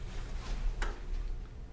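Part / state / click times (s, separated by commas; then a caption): hard drive tray into base station / not seated / none. A metal hard drive tray is slid back into a base station, with soft handling and sliding noise and one brief sharp sound at about 0.8 s. Nothing has seated or snapped in yet by the end of the clip.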